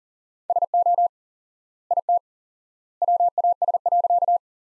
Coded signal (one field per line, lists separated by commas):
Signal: Morse code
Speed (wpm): 40 wpm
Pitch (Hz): 700 Hz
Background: none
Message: SO IT WAS.